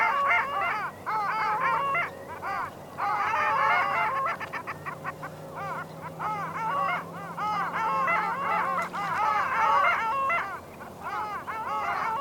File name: Ian Cruickshank - Moryanka Clangula hyemalis